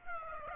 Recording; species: mosquito wingbeat signal from an infrared sensor; Aedes aegypti